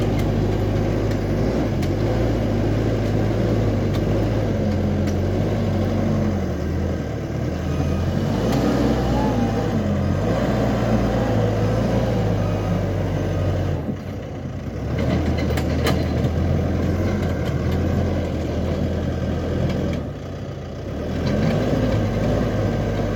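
A digger's engine rumbles, a deep steady drone that revs and wavers in pitch through the middle. Its load briefly eases around fourteen and twenty seconds, and scattered clicks and knocks of the machine working sound throughout.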